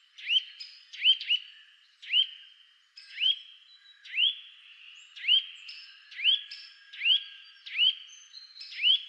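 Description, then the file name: Eurasian nuthatch sounding loud upward-sweeping whistled notes, about one per second, occasionally doubled, with soft higher notes in the background. "Sitta europaea"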